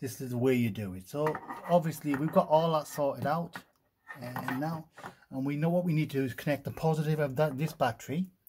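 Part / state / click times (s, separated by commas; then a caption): positive power cable plug into a home storage battery module terminal / not seated / none. Someone talks while handling the positive power cable plug for a Pylontech US3000C/US5000/US2000C home storage battery module that is being added to an existing stack, getting ready to push it into the positive terminal socket on the new module. The plug has not yet clicked or seated into the terminal by the end of the clip.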